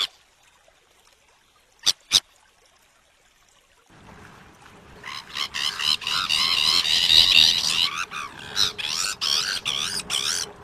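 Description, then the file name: Sabine's gull giving a loud, continuous run of harsh, grating, rapidly repeated notes until the end, after two sharp clicks and a short silence. "Canto da gaivota de sabine"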